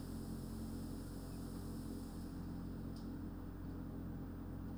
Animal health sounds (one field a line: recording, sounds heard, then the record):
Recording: poultry house recording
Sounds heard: healthy chickens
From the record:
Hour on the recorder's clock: 21